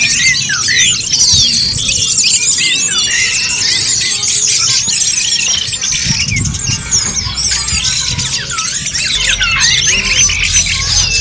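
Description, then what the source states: A crowded bird chorus: rapid high chirps, squeaks and curling whistles overlapping continuously. Chirping birdsong recording made for training and tutoring favourite pet birds.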